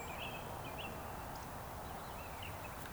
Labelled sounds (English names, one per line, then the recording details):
Eurasian Woodcock whistle
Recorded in Baden-Württemberg, Germany, on 3 June 2021 at 19:17 UTC
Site 45499, 200 m above sea level